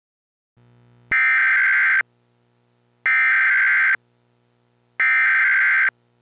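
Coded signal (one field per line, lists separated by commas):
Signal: Emergency Alert System (SAME) tones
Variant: header bursts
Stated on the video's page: Mock EAS scenario, zombie-themed, not a real alert.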